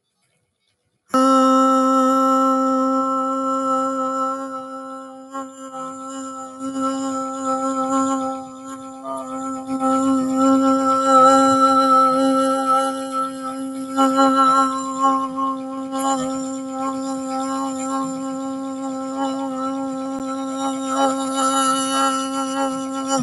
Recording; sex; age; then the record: vowel held as long as possible; female; 40 to 49 years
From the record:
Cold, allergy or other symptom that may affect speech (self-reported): no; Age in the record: 48 years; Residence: Louisiana, United States